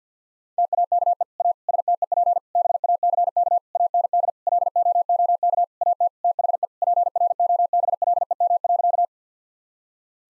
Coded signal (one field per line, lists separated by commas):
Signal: Morse code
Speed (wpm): 50 wpm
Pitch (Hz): 700 Hz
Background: none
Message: TAKE A STEP BACK AND LOOK AT THE PROBLEM.